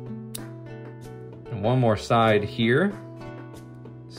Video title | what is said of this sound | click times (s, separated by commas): How to Make a 3D Poke' Ball with Perler Beads! Easy Step-by-Step Guide. #3dperlerbeads #pokeball | so just snap it into place | 0.3 s